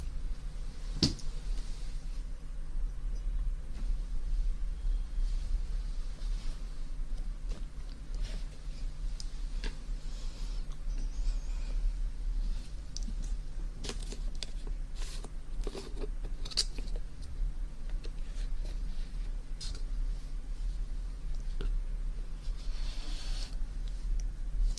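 Ear cleaning and ear massage water sounds: a steady, muffled low rumble runs throughout, overlaid with scattered sharp clicks and crackles. The pops come irregularly, clustering more densely around the middle and again near the end, with a few brighter, hissy swishes.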